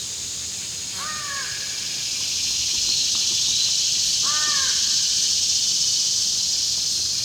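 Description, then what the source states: American crow calls: two rough caws about three seconds apart, with a continuous high-pitched hiss behind. Pair of American crows calling at 10:35 a.m., July 25, 2019, about 35-40 meters away near the top of a 25-meter pine across a road; clear skies, no wind, about 70 degrees.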